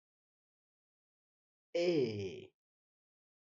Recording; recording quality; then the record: sustained vowel as in made; excellent, no background noise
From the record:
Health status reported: healthy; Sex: male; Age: 25 years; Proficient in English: yes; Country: India